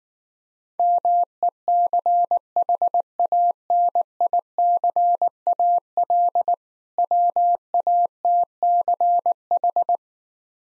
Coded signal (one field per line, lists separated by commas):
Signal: Morse code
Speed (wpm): 19 wpm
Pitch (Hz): 700 Hz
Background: none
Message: MECHANICAL WATCH